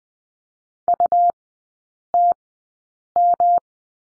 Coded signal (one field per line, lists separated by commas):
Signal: Morse code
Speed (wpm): 20 wpm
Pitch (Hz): 700 Hz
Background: none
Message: UTM